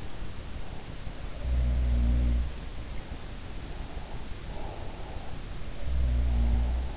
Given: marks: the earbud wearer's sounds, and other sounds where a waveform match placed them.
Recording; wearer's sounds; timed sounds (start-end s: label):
sounds in sleep by an in-ear microphone; breath
1.15-2.75 s: sound from someone else or the room
3.40-5.35 s: breath
5.35-6.97 s: sound from someone else or the room